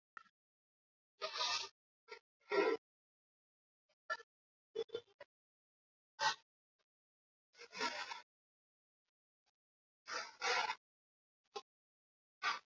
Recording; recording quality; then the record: shallow breathing; excellent, no background noise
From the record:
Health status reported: COVID-19 positive, mild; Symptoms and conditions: sore throat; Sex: female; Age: 33 years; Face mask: not worn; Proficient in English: yes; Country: India